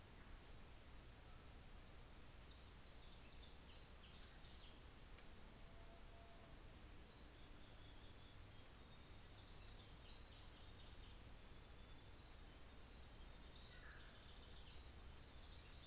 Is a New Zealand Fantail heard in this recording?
yes